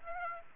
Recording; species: mosquito wingbeat signal from an infrared sensor; Aedes aegypti